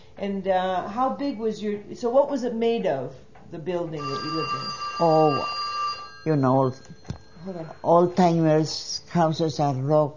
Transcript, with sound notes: How big was your, so what was it made of, the building that you lived in? ( a telephone rings )
Oh, you know.
Hold on.
Old-timer's houses are rock.